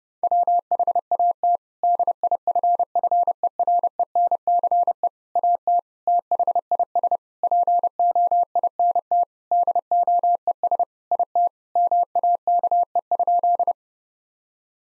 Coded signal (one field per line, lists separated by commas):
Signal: Morse code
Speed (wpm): 30 wpm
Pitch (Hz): 700 Hz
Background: none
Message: WHAT DIFFERENCE AT THIS POINT DOES IT MAKE?